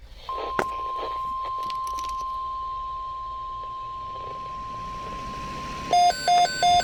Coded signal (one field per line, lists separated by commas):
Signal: Emergency Alert System (SAME) tones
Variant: 1050 Hz attention tone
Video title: KEC 94 EAS 21 Severe Thunderstorm Watch #487 On WR 120 Weather Radio